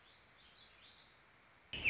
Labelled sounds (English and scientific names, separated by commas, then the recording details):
Warbling Vireo (Vireo gilvus)
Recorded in Sonoma County, California